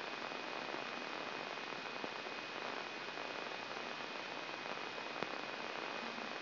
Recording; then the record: brain microelectrode recording played as sound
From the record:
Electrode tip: inside the subthalamic nucleus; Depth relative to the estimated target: 3 mm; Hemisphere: left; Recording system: AlphaMap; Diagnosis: Parkinson's disease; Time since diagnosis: 16 years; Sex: male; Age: 60 years